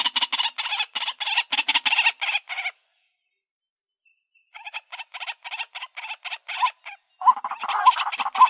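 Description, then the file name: White-breasted waterhen calls: rapid, rasping, croaking notes in bursts, a silent pause of about two seconds, then more evenly spaced harsh notes building again. Calling in the daytime. "tieng cuoc keu ban ngay"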